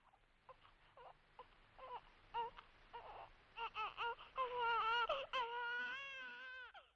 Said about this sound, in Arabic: لم أعد أحتمل بكاء طفلنا هذا.